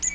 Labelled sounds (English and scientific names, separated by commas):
Magnolia Warbler (Setophaga magnolia) flight call